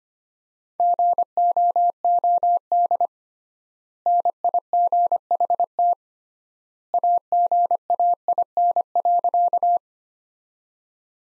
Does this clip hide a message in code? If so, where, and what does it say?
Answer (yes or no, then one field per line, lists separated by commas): yes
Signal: Morse code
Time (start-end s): 0.8-9.8 s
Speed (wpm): 25 wpm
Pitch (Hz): 700 Hz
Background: none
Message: GOOD NIGHT AGAIN.